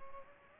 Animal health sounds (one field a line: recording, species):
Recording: mosquito wingbeat signal from an infrared sensor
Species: Culex pipiens